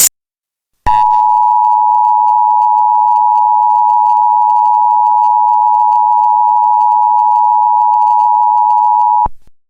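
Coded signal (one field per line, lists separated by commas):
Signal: Emergency Alert System (SAME) tones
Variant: 853 and 960 Hz attention tone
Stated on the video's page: Simulated alert scenario with multiple sirens from another creator.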